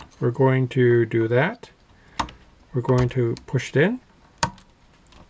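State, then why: Seated. Someone talks while pushing the fourth and last RAM module into its motherboard memory slot, with a sharp snap at 2.2 s. A loud, sharp click at 4.4 s marks the retention clip closing, and the module is seated, completing all four.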